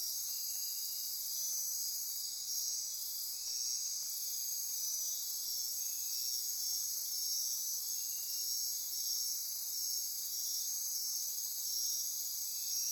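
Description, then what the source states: Insects calling together in a constant shrill high drone, layered trills overlapping without pause, loudness staying level across the whole stretch. Insect chorus recorded at midnight near Corcovado.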